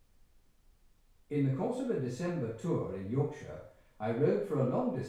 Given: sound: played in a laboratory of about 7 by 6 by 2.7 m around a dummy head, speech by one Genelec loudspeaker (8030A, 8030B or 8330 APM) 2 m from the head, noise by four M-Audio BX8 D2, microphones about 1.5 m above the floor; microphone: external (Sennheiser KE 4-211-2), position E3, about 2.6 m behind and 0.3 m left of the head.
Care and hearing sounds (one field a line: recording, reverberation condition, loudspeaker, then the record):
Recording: male speech in English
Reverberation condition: medium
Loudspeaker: 120 degrees to the left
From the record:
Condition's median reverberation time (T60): about 510 ms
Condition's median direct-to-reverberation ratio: about -0.5 dB